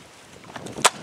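A chainsaw is bumped again and its chain brake lever snaps into the set position with one sharp, bright click at 0.9 s, after a few faint ticks and knocks. The chain brake is confirmed set.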